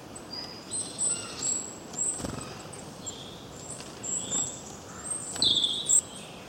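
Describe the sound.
Birds chirping, short high whistles and thin calls repeated in bursts, over a faint steady hiss.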